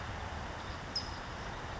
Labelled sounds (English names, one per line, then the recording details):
California Towhee
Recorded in Sonoma County, California